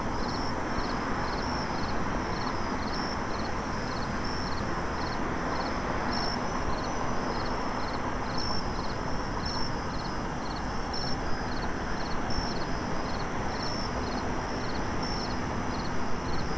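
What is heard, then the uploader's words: A park at night, filled with a steady wash of insects: rapid, regular chirping pulses ring out high and bright, while a thinner, higher buzz swells and fades every few seconds. Beneath it, a constant low hum of city traffic holds throughout. Central Park at Night.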